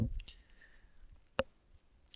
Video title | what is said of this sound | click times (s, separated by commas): Dog House for BeagleBoard xM Video Assembly Guide HD | and it'll snap in so that those uh tabs line up with the lid | 1.4 s